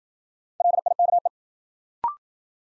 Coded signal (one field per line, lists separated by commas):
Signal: Morse code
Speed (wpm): 53 wpm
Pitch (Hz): 700 Hz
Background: none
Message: LIKE